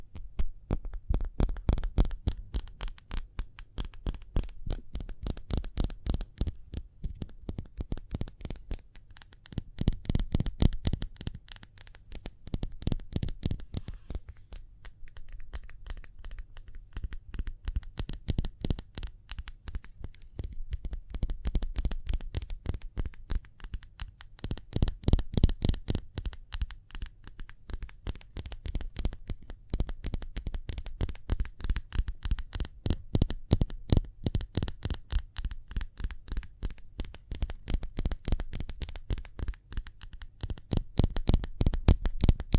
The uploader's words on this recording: ASMR Speedy Hand Sounds (No Talking).